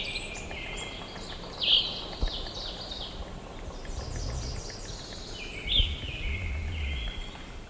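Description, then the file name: Evening grosbeak calls: two short, loud, piercing notes about four seconds apart, with softer chirping in the background. "Hesperiphona vespertina - Evening Grosbeak"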